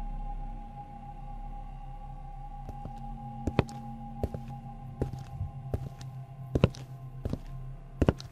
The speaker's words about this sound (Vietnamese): Bỗng nhiên, mình nghe như có tiếng bước chân lộp cộp, tựa như là có người đang đi lại ở trên thuyền.